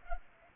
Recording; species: mosquito wingbeat signal from an infrared sensor; Culex pipiens